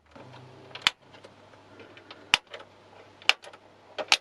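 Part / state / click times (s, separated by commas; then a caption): plastic case retaining clips on a game console housing / released / 0.9 s, 2.3 s, 3.3 s, 4.1 s. A toothpick pries the plastic side panel of an Xbox 360 game console open, and its tiny plastic retaining clips release. Sharp clicks come at 0.9, 2.3, 3.3 and 4.1 seconds over a low steady hum and faint scraping, and the clips unclip and let go.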